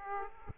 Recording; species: mosquito wingbeat signal from an infrared sensor; Aedes aegypti